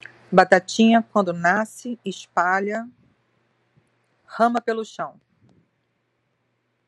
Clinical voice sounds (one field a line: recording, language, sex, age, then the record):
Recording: short text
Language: Brazilian Portuguese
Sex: female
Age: 50 to 59 years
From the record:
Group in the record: control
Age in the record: 52 years